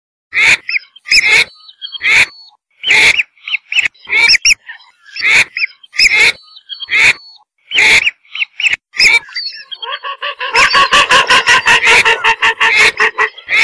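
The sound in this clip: Whistling duck delivering irregularly spaced, sharp whistled notes with bright overtones, ending in a quick, continuous rattle of repeated notes.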